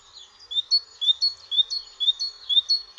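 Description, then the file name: Great tit song: a continuous series of sweet, slurred two-note phrases repeated steadily about twice a second. "Sikora bogatka"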